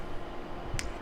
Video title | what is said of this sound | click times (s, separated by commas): 1911 Firing Pin Tool Set YouTube | we once again we just reverse the process of that you heard it click | 0.8 s